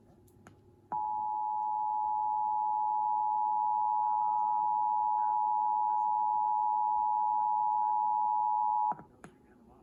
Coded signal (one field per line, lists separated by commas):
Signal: Emergency Alert System (SAME) tones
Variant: 853 and 960 Hz attention tone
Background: speech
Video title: National 2023 Emergency Alert System Test - KOIN-TV 6.1 (10/4/23 11:20 AM PST)